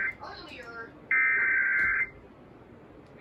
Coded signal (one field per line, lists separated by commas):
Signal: Emergency Alert System (SAME) tones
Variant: header bursts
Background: speech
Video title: OKC & TULSA’S DESTRUCTION - EAS Alerts From 5/6/24 - 5/724 (EAS #1668-1679)